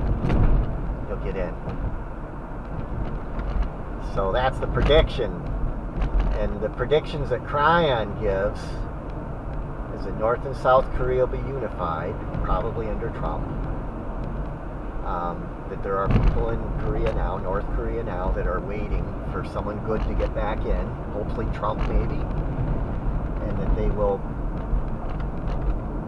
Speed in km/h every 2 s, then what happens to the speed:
60, 58, 55, 56, 56, 60, 61, 58, 56, 56, 58, 58, 56.
0-5 steady at about 58. 5-13 speeds up to 61. 13-26 steady at about 56.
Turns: none.